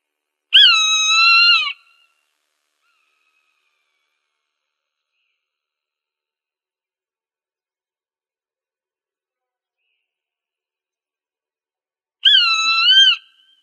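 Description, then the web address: Swainson's hawk giving a long, drawn-out, slightly hoarse whistled scream lasting about a second, then silence until a second matching scream near the end. Arizona, United States; recorded 1 December 2008. "Birds of Prey AZFO SWHA 081201. deviche"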